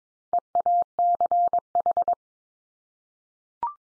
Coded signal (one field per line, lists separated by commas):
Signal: Morse code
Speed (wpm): 22 wpm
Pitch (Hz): 700 Hz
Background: none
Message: EACH